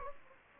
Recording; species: mosquito wingbeat signal from an infrared sensor; Anopheles gambiae